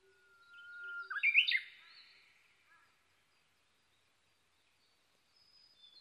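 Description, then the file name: Japanese bush warbler song: a steady, low whistle leading into a loud, tumbling flourish of higher notes, then quiet until a faint high whistle near the end. Recorded 22 May 2011 at 05:58. "uguisu-20110522-0558"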